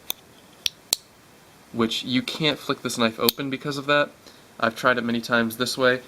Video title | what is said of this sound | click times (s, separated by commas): Knife Review: Spyderco Urban (Wharncliffe Variant) | your fingers are out of the way and it's it's going to stop before you go any further anything to catch it but uh it makes for kind of two clicks | 0.7 s, 0.9 s